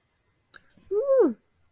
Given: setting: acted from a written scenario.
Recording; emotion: vocal sound without words; triumph